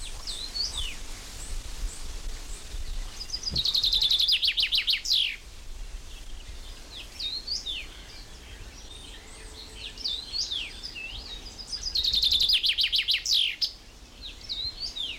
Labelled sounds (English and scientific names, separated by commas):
Common Chaffinch (Fringilla coelebs)